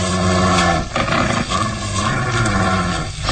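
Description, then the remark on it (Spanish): A deeply wounded, dying wild animal growls menacingly in a deep, continuous, rumbling snarl that stays loud throughout, with rough, throaty surges and brief dips, resembling a big cat's roar. No one speaks. “Mire, gruñe amenazador.”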